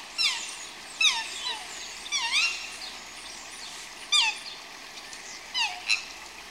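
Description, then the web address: Bird calling with clear, down-slurred whistles at irregular intervals, some doubled, over a steady hiss of background noise. "Звуки природы - птицы"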